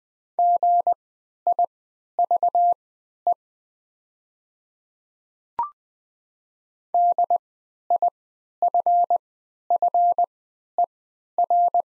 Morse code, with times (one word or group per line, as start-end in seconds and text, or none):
0.4-3.3 GIVE
6.9-11.8 DIFFER